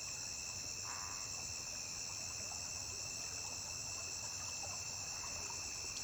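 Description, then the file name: Cricket song: a steady, unbroken high-pitched trill that holds its pitch throughout, over a constant trickle of running water. A single shrill cricket singing on a riverbank. "Grilo agudo isola cantando beira de rio"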